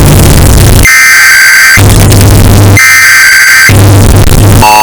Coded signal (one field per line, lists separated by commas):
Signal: Emergency Alert System (SAME) tones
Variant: header bursts